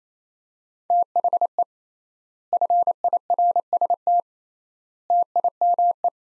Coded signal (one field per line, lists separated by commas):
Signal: Morse code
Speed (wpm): 28 wpm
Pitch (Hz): 700 Hz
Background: none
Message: THE FIRST TIME